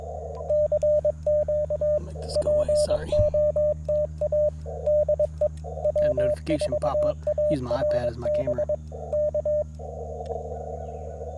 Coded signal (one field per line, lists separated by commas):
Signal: Morse code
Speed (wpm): 23 wpm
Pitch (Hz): 590 Hz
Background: speech, radio noise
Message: CQ POTA DE W4ARB K